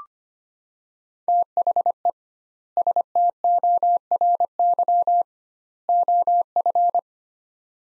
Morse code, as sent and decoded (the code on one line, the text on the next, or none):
- .... . / ... - --- .-. -.-- / --- ..-.
THE STORY OF